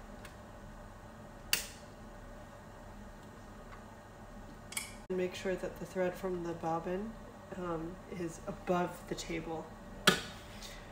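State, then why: Seated. A wound bobbin sits in its metal bobbin case, and the case is pushed into the bobbin area of a sewing machine, giving a sharp click at 1.5 s as the case seats. Afterward someone talks, with a few more brief sharp sounds around 4.7 s and 10.1 s over a low steady background hum.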